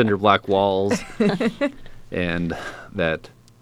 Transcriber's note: laughter